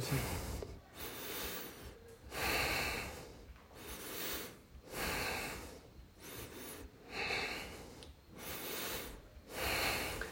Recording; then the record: deep breathing after running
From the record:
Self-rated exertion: moderate exertion (3 of 6); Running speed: 8 miles an hour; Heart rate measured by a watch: 145 beats a minute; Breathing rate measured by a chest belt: 30 breaths a minute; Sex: male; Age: 25 years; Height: 174 cm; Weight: 71 kg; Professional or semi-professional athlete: no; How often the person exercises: 3 to 5 times a week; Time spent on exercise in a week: 2 to 3 hours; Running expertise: no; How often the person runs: 1 to 2 times a week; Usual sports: running, swimming, badminton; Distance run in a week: 8 km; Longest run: 10 km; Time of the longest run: 48 minutes